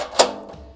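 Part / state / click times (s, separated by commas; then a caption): adjustable leg locking into a fire pit body / seated / 0.2 s. On a steel Breeo Y Series smokeless fire pit, the body is lifted and an adjustable leg is pulled out until its detent snaps into the first position, the burn setting. A single sharp, bright snap rings out at 0.2 s and fades quickly into low background noise. The leg is seated and locked in the burn setting.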